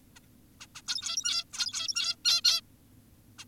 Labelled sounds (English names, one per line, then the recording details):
Zebra Finch
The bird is an adult
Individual g17y2U